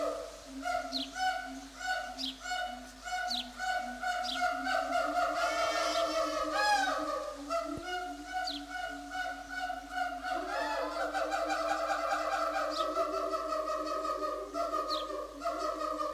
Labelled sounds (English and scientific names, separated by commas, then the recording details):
Siamang (Symphalangus syndactylus)
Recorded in captivity
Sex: pair
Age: adult
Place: Zoo Berlin, Berlin, DE
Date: 2004-06-07 12:53
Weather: heiter, 23-25 °C
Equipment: Sony WM-D6C, Sennheiser ME 80, Kopie Uher 4000 Report Monitor
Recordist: Tembrock, Günter